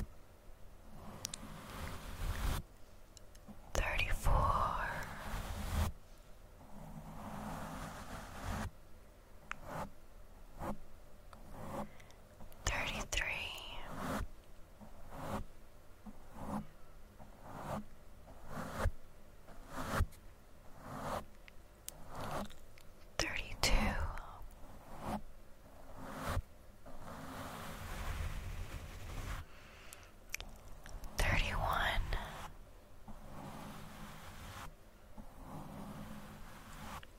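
Brushing and rubbing against a microphone, heard as scratchy, rustling bursts that come and go in uneven clusters throughout. Sharper scrapes and thumps stand out around 4, 13, 24 and 31 seconds, with a low rumbling hum underneath the whole time.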